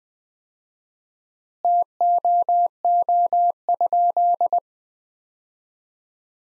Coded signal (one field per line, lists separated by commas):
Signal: Morse code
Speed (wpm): 20 wpm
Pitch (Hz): 700 Hz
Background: none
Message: TOO?